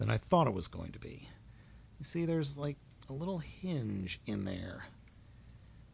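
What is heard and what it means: An internal hinge is worked inside the torso of a metallic MHZ Toys MH-MINI-09C Tyrannosaurus Rex transforming-robot toy, meant to be pulled up so the rest of the hinge drops and snaps into place, while someone talks. A faint tap is heard near 5.1 seconds. The hinge has not snapped into place yet, possibly because it is not pushed down far enough.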